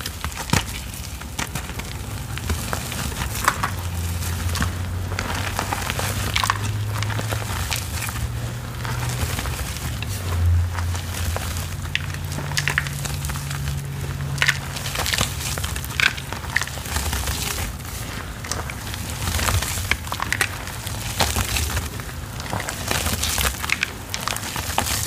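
Powder crumbles over water in a dense, steady stream of fine crackling and crunching, with a low wavering hum underneath through the middle.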